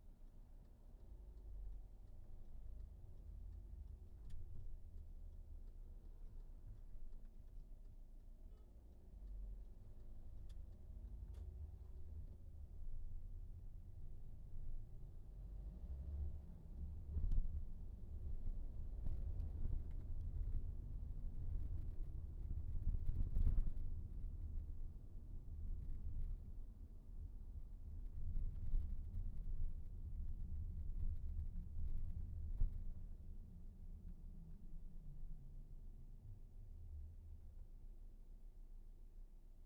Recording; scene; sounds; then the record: everyday scene through a hearing-aid microphone; in a vehicle; engine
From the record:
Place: VW T5 Caravelle, diesel engine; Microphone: behind the ear, right, rear